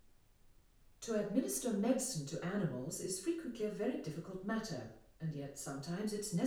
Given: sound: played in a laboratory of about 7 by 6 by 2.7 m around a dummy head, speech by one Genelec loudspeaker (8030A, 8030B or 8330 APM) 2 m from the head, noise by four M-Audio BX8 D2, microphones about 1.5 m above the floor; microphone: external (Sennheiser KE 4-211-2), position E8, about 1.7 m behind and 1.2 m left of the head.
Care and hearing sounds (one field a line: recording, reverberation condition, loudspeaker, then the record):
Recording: female speech in English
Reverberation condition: medium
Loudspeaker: 30 degrees to the right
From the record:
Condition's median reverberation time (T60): about 510 ms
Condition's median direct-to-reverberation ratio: about -0.5 dB